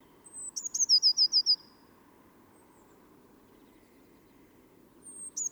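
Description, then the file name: Eurasian blue tit giving one full phrase, a sharp high note then a fast trill of ripple-like notes, followed by silence and the start of another phrase, with low rumbling background. "Cyanistes caeruleus"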